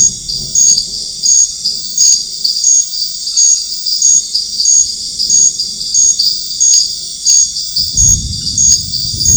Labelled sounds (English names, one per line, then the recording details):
none
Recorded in dense forest near Puerto Asís, Putumayo, Colombia, on 13 March 2025 at 21:30
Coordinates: 0.484, -76.317
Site G064